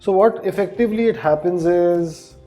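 A leather tank bag with six rare-earth magnets is handled above a motorcycle's steel fuel tank while someone talks. Nothing has seated or clicked yet; the clip ends before the bag snaps down onto the tank.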